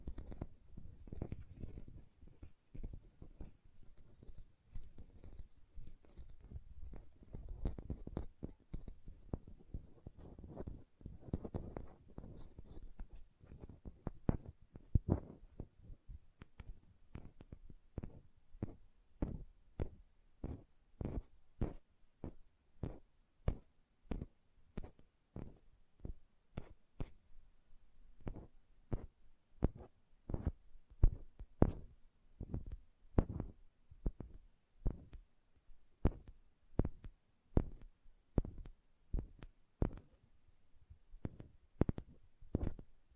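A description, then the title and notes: Hand sounds: for the first fifteen seconds a dense, low, soft rubbing like lotion being worked between palms, with scattered clicks. Then crisp nail taps take over, sharp and fairly regular, about one per second until the end, with faint rustling between them. Hand Sounds, Nail Tapping and Lotion Sounds.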